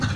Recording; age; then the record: pig call; growing-finishing pig (85 days or more)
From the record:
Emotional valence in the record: positive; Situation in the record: run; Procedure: transit